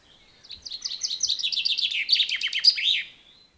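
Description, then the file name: Common chaffinch singing a cascading phrase of crisp notes, dropping in pitch before a short emphatic ending flourish. "Fringilla coelebs"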